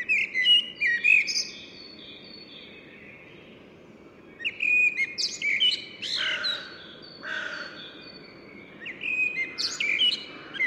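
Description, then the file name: Common blackbird song in several bursts: mellow whistled phrases ending in scratchy high flourishes, with pauses between and faint thin notes. "Turdus merula"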